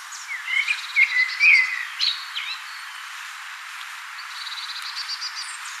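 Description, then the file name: Common blackbird singing a loud, mellow warbled phrase that slides downward and finishes with high, scratchy squeaks, then quiet high twittering. "Turdus merula"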